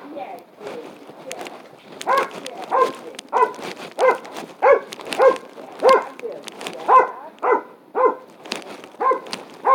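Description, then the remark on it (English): A dog barks loudly and repeatedly, about a dozen sharp, mid-pitched barks in a steady rhythm, with a person speaking briefly near the start. “past him, he's going to bark.”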